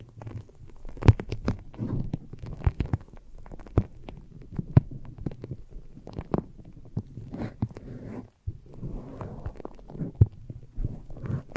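Foamy, sticky squishing and crackling from a brain massage, with irregular soft pops and sharp clicks scattered densely throughout, pausing briefly past eight seconds.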